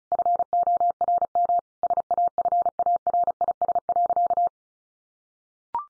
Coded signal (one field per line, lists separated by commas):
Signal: Morse code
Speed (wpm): 34 wpm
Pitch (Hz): 700 Hz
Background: none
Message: FORM SAFARIS.